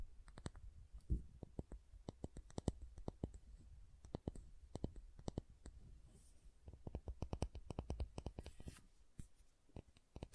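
Soap is tapped and carved with a quick, uneven series of sharp clicks and taps, several per second, running the whole ten seconds. A low rumble sits underneath, and brief scraping hisses come in around the sixth and eighth seconds.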